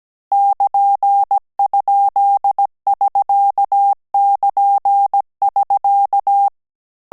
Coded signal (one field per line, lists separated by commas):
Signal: Morse code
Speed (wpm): 17 wpm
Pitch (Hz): 800 Hz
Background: none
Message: <KN>?<SK><KN><SK>